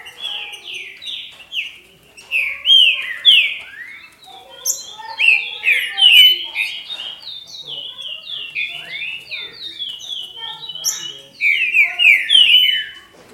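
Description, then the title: Green-winged saltator song: loud, rich whistled phrases of slurred notes that sweep down and up, delivered in rapid bursts with brief pauses, some faint high chirps behind. "Trinca Ferro"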